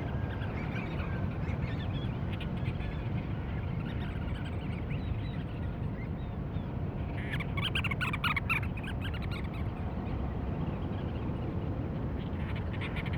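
Cape Verde storm petrel call: one burst of harsh, stuttering chatter about seven to nine seconds in, with faint notes near the end, against constant low roaring background noise.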